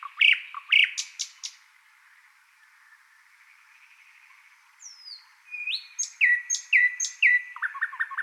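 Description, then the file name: Thrush nightingale song: clicking notes, a pause, then descending whistles and repeated stuttering phrases building into a fast series. "British Library - Thrush Nightingale Luscinia luscinia"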